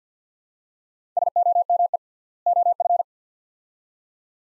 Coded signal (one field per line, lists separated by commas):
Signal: Morse code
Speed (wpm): 50 wpm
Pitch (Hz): 700 Hz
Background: none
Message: SOME OF